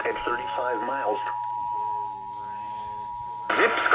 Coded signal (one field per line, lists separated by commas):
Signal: Emergency Alert System (SAME) tones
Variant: 853 and 960 Hz attention tone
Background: speech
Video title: EAS Alerts from 9/6/25 (EAS #210-219)